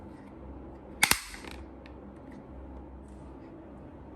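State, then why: Seated. Plastic launching paddles are pressed onto the plastic launching base of a Mattel Disney Pixar Cars Glow Racers Launch & Criss-Cross Track playset. Two sharp snapping clicks are heard at 1.0 and 1.1 seconds, followed by a couple of faint ticks against a low background hum. The paddles snap on and are secure.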